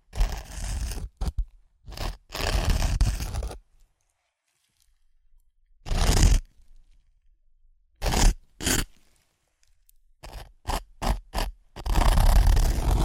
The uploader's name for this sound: Satisfying Chips Crunchy Crushing & Eating Sounds